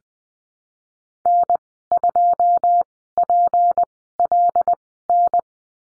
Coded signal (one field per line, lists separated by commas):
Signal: Morse code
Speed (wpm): 20 wpm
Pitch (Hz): 700 Hz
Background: none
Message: N2PLN